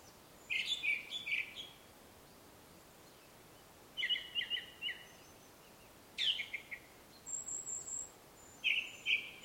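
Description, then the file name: Ring ouzel song: short phrases of several ringing notes with scratchy additions, repeated every few seconds; a thin high buzzing sound briefly overlaps. Song recorded in Slovakia with an Olympus LS-11 portable recorder. "Turdus Torquatus Song Slovakia"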